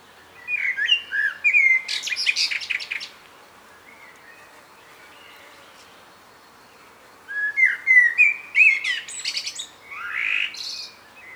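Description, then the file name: Common blackbird singing mellow whistled phrases that climb into thin, scratchy high notes, then a gap of a few seconds before another fluting strophe. "Turdus merula"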